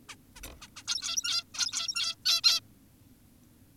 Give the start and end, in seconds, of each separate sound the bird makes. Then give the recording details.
0.09-0.16, 0.36-0.41, 0.62-0.68, 0.76-0.84, 0.88-1.44, 1.54-2.16, 2.26-2.41, 2.44-2.60. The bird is an adult. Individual g17y2U